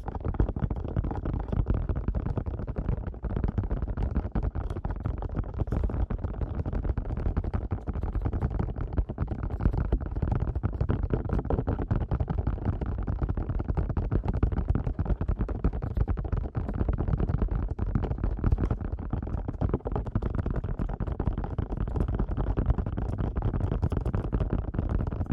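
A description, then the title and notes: Fast ear tapping runs without pause for the whole stretch, a dense patter of soft thuds packed so tightly they blur into a continuous rumble. The sound is heavy and low, muffled at the top, with level loudness throughout and tiny sharper clicks scattered across it. ASMR Fast Ear Tapping (No Talking).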